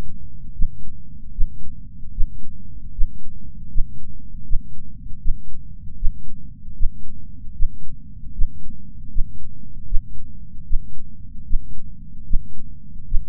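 Heartbeat of an adult, a steady low-pitched thumping at about 76 beats per minute.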